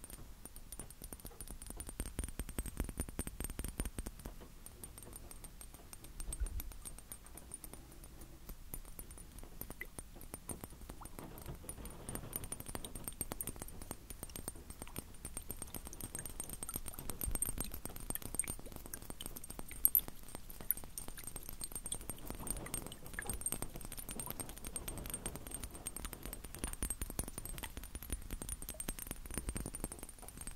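Dense, irregular tapping and scratching runs throughout, faint and fairly steady, with a sharper click near twenty seconds and a thin high whine.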